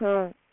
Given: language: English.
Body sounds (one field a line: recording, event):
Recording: throat vibration sensor signal played as sound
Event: speech